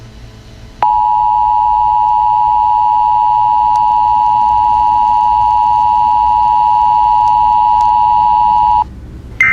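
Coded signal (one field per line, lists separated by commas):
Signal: Emergency Alert System (SAME) tones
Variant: 853 and 960 Hz attention tone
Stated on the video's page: Simulated EAS scenario, not a real alert.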